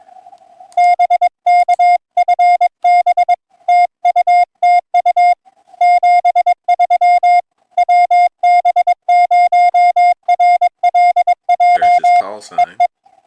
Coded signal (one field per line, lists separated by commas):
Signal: Morse code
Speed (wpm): 23 wpm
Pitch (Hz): 720 Hz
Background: music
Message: BK FB TU TU 73 WB0RLJ EE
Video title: March 23 2025 Sunday AM POTA Hunt